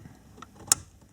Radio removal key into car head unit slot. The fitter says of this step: and listen for the click.